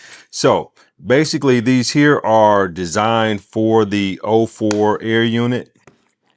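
Someone talks while handling Mingven ND filters for the DJI Avata 2, made for the O4 air unit, which press into the rim of the drone camera lens. After the talking stops, a few faint ticks are heard at about 5.9, 6.1 and 6.3 seconds. The clip ends before the filter goes on, so nothing has snapped into place yet.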